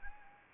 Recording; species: mosquito wingbeat signal from an infrared sensor; Anopheles arabiensis